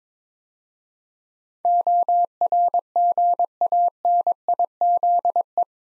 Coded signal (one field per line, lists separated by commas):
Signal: Morse code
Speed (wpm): 22 wpm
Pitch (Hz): 700 Hz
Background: none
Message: ORGANIZE